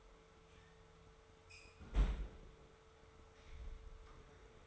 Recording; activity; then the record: daily activity, microphone in the room; close fridge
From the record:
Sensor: 3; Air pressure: 1014.9 hPa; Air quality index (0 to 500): 202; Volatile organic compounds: 29 ppm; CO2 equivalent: 2943 ppm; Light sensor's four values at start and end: 36/90/38/41 and 37/92/39/42